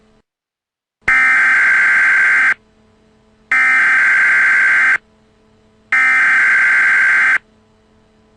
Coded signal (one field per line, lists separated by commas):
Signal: Emergency Alert System (SAME) tones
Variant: header bursts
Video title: EAS: ELA Exam (3/29/22)